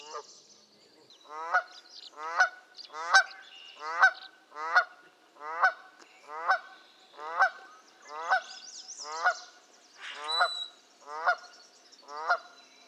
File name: kanadai lud hangja